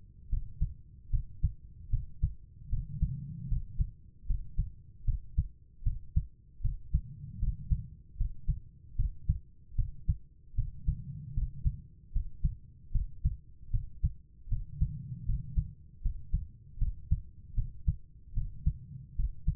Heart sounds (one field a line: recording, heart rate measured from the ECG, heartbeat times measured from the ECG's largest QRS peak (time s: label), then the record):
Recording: heart sounds by stethoscope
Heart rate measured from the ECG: 76 bpm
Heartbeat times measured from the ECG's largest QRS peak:
0.29 s: heartbeat
1.10 s: heartbeat
1.89 s: heartbeat
2.69 s: heartbeat
3.48 s: heartbeat
4.26 s: heartbeat
5.04 s: heartbeat
5.82 s: heartbeat
6.61 s: heartbeat
7.38 s: heartbeat
8.16 s: heartbeat
8.95 s: heartbeat
9.75 s: heartbeat
10.54 s: heartbeat
11.33 s: heartbeat
12.12 s: heartbeat
12.91 s: heartbeat
13.70 s: heartbeat
14.48 s: heartbeat
15.25 s: heartbeat
16.01 s: heartbeat
16.78 s: heartbeat
17.54 s: heartbeat
18.33 s: heartbeat
19.15 s: heartbeat
From the record:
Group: healthy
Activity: rest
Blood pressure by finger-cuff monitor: 104/77 mmHg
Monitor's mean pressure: 86 mmHg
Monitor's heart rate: 76 bpm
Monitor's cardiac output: 5.5 L/min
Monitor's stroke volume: 72 mL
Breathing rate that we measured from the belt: 16 breaths a minute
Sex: female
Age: 32 years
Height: 172 cm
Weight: 71.7 kg